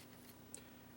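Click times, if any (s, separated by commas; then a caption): 0.5 s. A new replacement small switch is pushed into its place on a circuit board before soldering, and it goes in with a single sharp, brief click at 0.5 seconds over a quiet steady background. The switch is seated.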